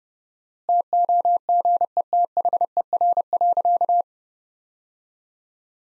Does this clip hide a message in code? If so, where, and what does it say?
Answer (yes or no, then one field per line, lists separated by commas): yes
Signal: Morse code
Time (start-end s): 0.7-4.0 s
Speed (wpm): 32 wpm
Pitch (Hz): 700 Hz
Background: none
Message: TOGETHER.